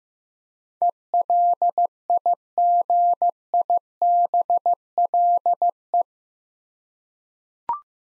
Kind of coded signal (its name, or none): Morse code